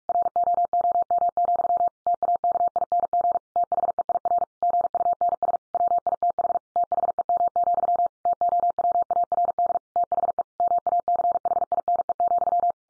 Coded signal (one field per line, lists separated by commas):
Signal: Morse code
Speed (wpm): 44 wpm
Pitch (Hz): 700 Hz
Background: none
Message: ROOM, TAKING THEIR GUNS WITH THEM, TOWARD THE MACHINE,